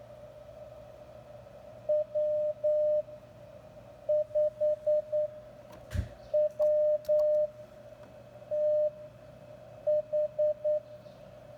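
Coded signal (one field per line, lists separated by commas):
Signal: Morse code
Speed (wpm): 9 wpm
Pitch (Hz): 600 Hz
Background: none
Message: W5WTH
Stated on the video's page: Morse QSO keyed using a vintage telephone.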